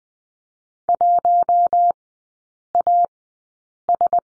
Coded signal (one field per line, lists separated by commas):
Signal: Morse code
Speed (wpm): 20 wpm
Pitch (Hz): 700 Hz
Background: none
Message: 1AS